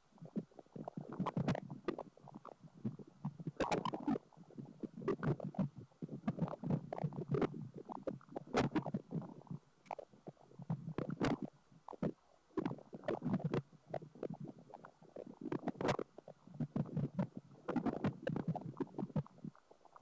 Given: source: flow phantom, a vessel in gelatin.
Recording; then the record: Doppler ultrasound of air bubbles in flowing water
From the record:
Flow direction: away from the transducer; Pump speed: 250 rpm (900 mL/min); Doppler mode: pulsed wave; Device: 7 MHz transducer